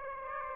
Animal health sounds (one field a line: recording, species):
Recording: mosquito wingbeat signal from an infrared sensor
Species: Aedes aegypti